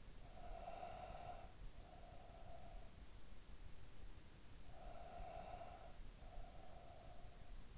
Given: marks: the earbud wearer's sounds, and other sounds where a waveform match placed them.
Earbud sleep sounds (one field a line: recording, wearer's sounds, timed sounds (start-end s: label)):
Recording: sounds in sleep by an in-ear microphone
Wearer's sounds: breath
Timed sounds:
0.03-3.22 s: breath
4.36-7.77 s: breath